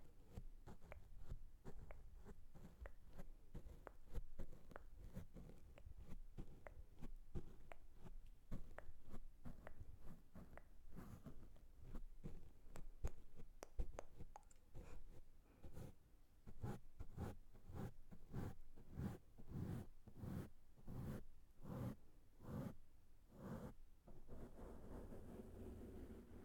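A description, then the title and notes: Brushes scrape and sweep across the microphone in dense, irregular strokes, turning into sharper, evenly spaced strokes after about fifteen seconds. ASMR Brushing The Microphone with Different Brushes.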